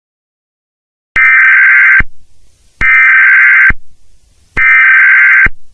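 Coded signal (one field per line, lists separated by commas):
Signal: Emergency Alert System (SAME) tones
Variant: header bursts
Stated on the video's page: Fictional EAS scenario about exploding batteries; simulated.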